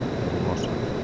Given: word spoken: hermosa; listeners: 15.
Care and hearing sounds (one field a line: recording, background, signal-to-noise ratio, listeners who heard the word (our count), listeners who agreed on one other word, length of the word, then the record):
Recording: one Spanish word in noise, from a listening test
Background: speech-shaped noise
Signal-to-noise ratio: -5.2 dB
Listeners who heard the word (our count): 1 of 15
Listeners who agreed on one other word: 8 of 15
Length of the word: 0.64 s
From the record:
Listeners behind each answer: 8, 1, 1, 1, 1, 1, 1, 1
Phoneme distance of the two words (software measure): 10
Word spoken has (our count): 3 syllables, 6 phonemes, stress on syllable 2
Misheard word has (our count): 3 syllables, 6 phonemes, stress on syllable 2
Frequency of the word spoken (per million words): 25.18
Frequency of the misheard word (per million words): 22.75